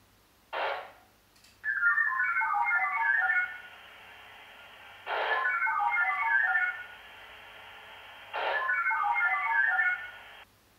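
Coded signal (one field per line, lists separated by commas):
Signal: HF data modem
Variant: VARA HF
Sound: three transmissions: a squelch whoosh, then warbling multi-tone chirps and steady data hiss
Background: radio squelch noise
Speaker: opposite set up here channel for this one channel one on that one and let's see if that works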